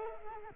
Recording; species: mosquito wingbeat signal from an infrared sensor; Culex quinquefasciatus